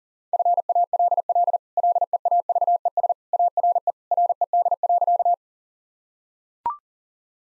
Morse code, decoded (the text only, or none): FALL LEAVES ARE RED.